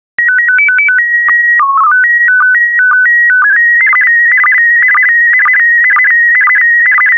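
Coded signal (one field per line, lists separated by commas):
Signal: SSTV (slow-scan television)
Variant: PD 120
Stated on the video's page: SSTV images sent in PD120 format.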